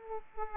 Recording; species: mosquito wingbeat signal from an infrared sensor; Aedes aegypti